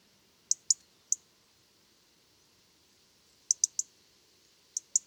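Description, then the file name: European robin ticking calls: sharp, high clicks given in quick bursts of two or three, with short pauses between bursts. "Erithacus rubecula"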